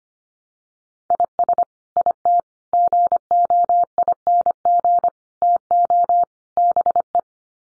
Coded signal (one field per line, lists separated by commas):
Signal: Morse code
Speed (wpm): 25 wpm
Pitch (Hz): 700 Hz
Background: none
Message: IS IT GOING TO BE